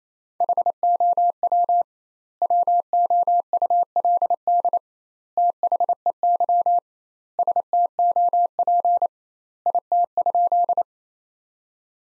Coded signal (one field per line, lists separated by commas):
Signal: Morse code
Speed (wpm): 28 wpm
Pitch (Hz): 700 Hz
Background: none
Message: HOW WOULD THEY STOP IT?